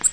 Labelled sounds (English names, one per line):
Nashville Warbler flight call